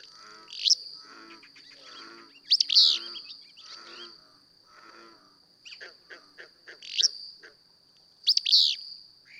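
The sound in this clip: Willow flycatcher singing four buzzy, explosive phrases, with softer calls between and a steady high whine.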